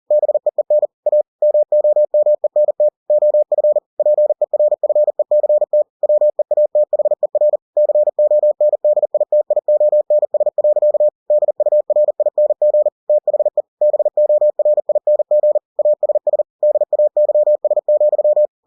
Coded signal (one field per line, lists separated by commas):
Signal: Morse code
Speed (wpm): 40 wpm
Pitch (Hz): 600 Hz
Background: none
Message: BEEN A MOMENT OF PERFECT WEATHER CONDITIONS. DURING THE BORING ASS DAYS,